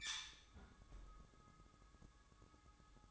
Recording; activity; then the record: daily activity, microphone in the room; close fridge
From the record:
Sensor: 3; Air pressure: 1007.7 hPa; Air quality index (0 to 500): 56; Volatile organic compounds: 1 ppm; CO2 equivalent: 599 ppm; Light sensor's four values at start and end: 13/31/13/13 and 13/31/13/13